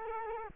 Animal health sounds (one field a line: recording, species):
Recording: mosquito wingbeat signal from an infrared sensor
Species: Culex quinquefasciatus